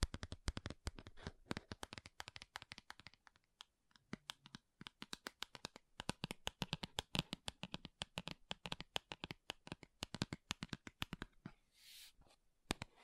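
Quick fingernail taps and scratches on makeup packaging fall in a dense, uneven stream, crisp and bright, with brief pauses around four and six seconds. Near twelve seconds a short hissing scrape stands out before the tapping resumes to the end.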